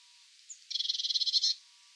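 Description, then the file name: Eurasian blue tit giving a scolding call: a soft high note, then a fast buzzy churring rattle of many pulses lasting under a second. "Cyanistes caeruleus"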